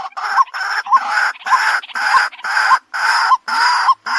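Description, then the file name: White-breasted waterhen call: loud, harsh, grating notes, each ending in a short upward inflection, repeated steadily about every half second. Calling in the daytime. "tieng cuoc keu ban ngay"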